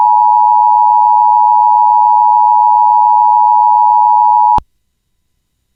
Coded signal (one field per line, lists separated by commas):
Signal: Emergency Alert System (SAME) tones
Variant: 853 and 960 Hz attention tone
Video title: EAS - AMBER Alert Issued for Texas